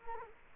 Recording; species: mosquito wingbeat signal from an infrared sensor; Culex quinquefasciatus